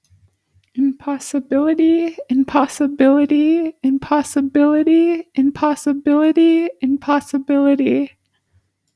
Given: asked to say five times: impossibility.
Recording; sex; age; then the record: repeated word; female; 20 to 29 years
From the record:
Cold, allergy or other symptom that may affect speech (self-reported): no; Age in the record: 20 years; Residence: Alaska, United States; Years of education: 12